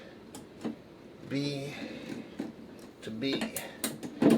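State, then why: Seated. Someone talks while the upper leg tube section of the metal frame of a 2025 I Scream Clown animatronic from Haunted Hill Farm is fitted into its base socket at lock point B. A sharp click sounds at 3.8 s, and the leg section is seated and locked in place.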